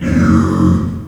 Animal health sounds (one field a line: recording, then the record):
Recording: squeal of a Yucatan mini pig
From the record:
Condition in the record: after surgery on the right vocal fold (resection and tissue-engineered implant)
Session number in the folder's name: 12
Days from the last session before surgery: 105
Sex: female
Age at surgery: 19 weeks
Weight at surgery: 25 kg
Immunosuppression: prednisolone